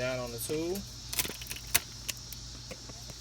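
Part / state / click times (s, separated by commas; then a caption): locking mechanism of hose clamp pliers on a spring hose clamp / seated / 1.8 s. Someone talks, then pushes down on hose clamp pliers squeezing a spring hose clamp while removing a water pump on a Dodge Ram 1500, with small metallic clicks and rattles. At 1.8 seconds the tool's lock engages with a sharp metallic click, and the pliers lock in place on the clamp.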